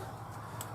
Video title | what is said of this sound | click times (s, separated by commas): FOUND EBAY RESELL GOLD | snaps into place and see i thought | 0.6 s